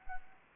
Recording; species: mosquito wingbeat signal from an infrared sensor; Anopheles arabiensis